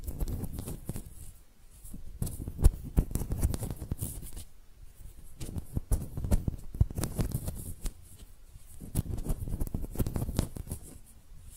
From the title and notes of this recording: ASMR Relaxing Hand Sounds (No Talking).